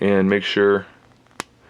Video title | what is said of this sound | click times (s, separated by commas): Truforce MEGA MAN X KAI Figure Review | you hear that snap when you Peg it in so once you get that in you've got | 1.4 s